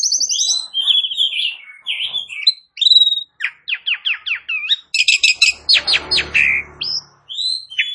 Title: Bunyi Jalak Suren